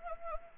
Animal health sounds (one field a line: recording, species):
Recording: mosquito wingbeat signal from an infrared sensor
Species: Anopheles arabiensis